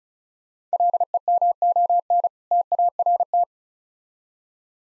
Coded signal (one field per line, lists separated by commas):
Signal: Morse code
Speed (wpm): 36 wpm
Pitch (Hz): 700 Hz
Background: none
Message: LEMON TART